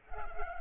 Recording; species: mosquito wingbeat signal from an infrared sensor; Culex pipiens